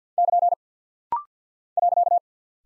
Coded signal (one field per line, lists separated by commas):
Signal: Morse code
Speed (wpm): 53 wpm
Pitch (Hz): 700 Hz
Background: none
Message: <KN> .